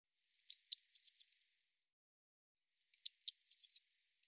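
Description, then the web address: Eurasian blue tit calling: two high thin downslurred notes followed by a quick series of three lower notes, given twice about two and a half seconds apart. "Deverinetal"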